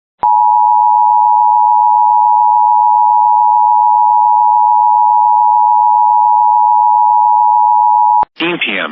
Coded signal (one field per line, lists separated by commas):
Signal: Emergency Alert System (SAME) tones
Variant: 853 and 960 Hz attention tone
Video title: Flash Flood Warning EAS Coos County NH